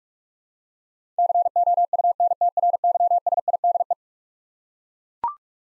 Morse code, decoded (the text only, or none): COUNTRYSIDE